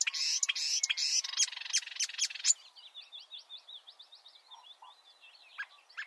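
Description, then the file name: Marsh warbler song starting with a loud buzzy rattle, then shifting into a thin, fast, wavering twitter of high notes. "suara-kicauan-burung-marsh-warbler -omkicau"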